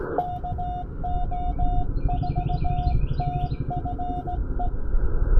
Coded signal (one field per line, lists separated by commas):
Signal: Morse code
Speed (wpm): 17 wpm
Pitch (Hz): 720 Hz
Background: music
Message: KO4TFE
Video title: Serious QRP DX: My First POTA Activation with the Index Labs QRP Plus!